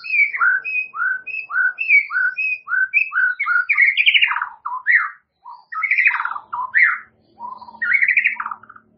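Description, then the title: White-rumped shama song of rich fluty downslurred whistles repeated steadily, breaking into louder varied warbled phrases. "murai batu"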